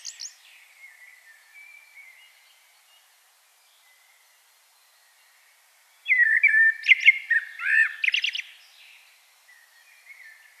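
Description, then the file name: Common blackbird with a faint trailing phrase, a long quiet gap, then a loud fluted warble ending in rapid scratchy high twitters. "Turdus merula"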